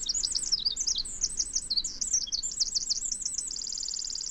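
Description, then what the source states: Pacific Wren song: a long, rapid, tumbling stream of very high tinkling notes and trills that ends in a fast even trill, over a low rushing background. Singing in earnest by mid-February, even as far north as British Columbia.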